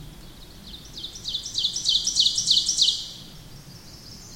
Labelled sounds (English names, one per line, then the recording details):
Ovenbird song
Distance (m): 15 m
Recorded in boreal forest in Alberta, Canada, on 8 June 2016 at 08:50
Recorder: SongMeter 3, array SBT-3-9
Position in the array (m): 165 m, 150 m
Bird 35